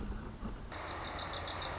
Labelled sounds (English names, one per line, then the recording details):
Song Sparrow
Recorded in Sonoma County, California